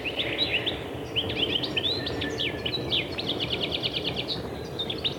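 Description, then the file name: European goldfinch singing continuously, a dense, liquid twitter of high chirps and rapid trilled runs, with low background rumble underneath. "shegol"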